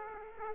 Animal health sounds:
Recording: mosquito wingbeat signal from an infrared sensor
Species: Aedes aegypti

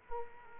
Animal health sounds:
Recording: mosquito wingbeat signal from an infrared sensor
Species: Culex quinquefasciatus

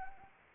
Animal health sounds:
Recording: mosquito wingbeat signal from an infrared sensor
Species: Anopheles arabiensis

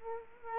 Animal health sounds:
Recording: mosquito wingbeat signal from an infrared sensor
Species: Culex quinquefasciatus

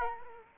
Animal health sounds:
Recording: mosquito wingbeat signal from an infrared sensor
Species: Culex quinquefasciatus

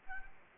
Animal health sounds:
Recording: mosquito wingbeat signal from an infrared sensor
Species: Culex quinquefasciatus

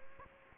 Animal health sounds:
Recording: mosquito wingbeat signal from an infrared sensor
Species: Aedes aegypti

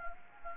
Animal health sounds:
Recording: mosquito wingbeat signal from an infrared sensor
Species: Anopheles gambiae

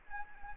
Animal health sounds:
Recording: mosquito wingbeat signal from an infrared sensor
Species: Anopheles arabiensis

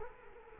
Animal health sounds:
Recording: mosquito wingbeat signal from an infrared sensor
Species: Culex quinquefasciatus

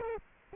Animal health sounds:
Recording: mosquito wingbeat signal from an infrared sensor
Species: Culex quinquefasciatus

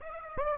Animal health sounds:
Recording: mosquito wingbeat signal from an infrared sensor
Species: Aedes aegypti

